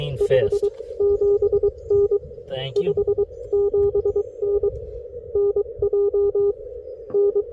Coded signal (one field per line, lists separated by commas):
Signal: Morse code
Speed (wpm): 25 wpm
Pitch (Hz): 410 Hz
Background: speech, radio noise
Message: 57N 57N NJ N